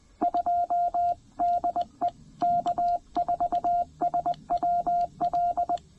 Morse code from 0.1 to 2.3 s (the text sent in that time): 2DE